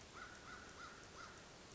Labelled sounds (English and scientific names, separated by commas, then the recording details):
American Crow (Corvus brachyrhynchos)
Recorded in Sonoma County, California